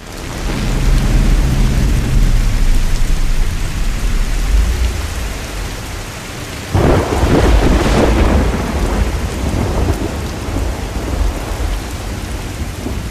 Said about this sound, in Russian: Дождь лил все сильнее. По улицам текли настоящие реки, а грозовой фронт постепенно смещался к центру города.